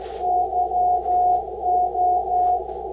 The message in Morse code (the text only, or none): YO